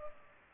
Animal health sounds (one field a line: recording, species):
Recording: mosquito wingbeat signal from an infrared sensor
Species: Culex pipiens